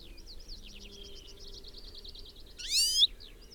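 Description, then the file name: European goldfinch giving one loud, rising call late, after a run of quick repeated chirps. "Carduelis carduelis"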